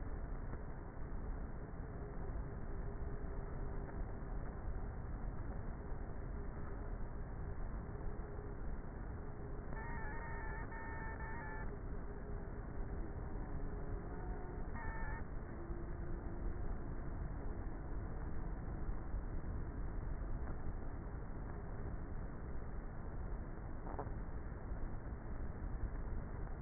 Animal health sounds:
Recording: honeybee colony, microphone inside the hive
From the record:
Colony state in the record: queenless with a low population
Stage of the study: before two queens were removed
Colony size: about 30,000 bees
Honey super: no

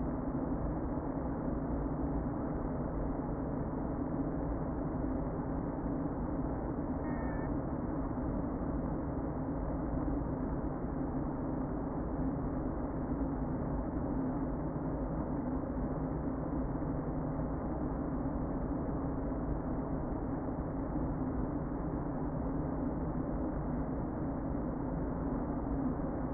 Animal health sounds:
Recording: honeybee colony, microphone inside the hive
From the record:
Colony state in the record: queen present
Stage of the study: before two queens were removed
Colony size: about 60,000 bees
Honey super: yes

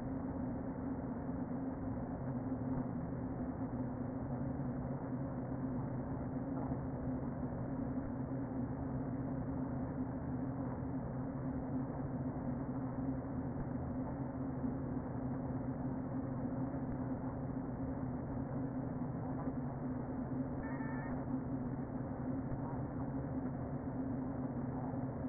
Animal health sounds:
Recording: honeybee colony, microphone inside the hive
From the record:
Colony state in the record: queen present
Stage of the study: before two queens were removed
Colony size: about 60,000 bees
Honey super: yes

